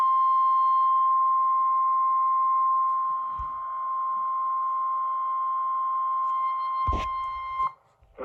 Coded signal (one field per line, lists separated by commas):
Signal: Emergency Alert System (SAME) tones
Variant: 1050 Hz attention tone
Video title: Severe Thunderstorm Warning EAS#457